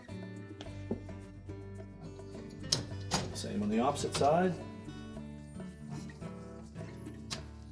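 A plastic rack stop is handled against the rail on the opposite side of a GE dishwasher's upper rack while someone talks over background music. There are brief sharp knocks and taps of handling, the loudest near 2.7 s. Nothing has seated or clicked yet.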